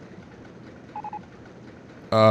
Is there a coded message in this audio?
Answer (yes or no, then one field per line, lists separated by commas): no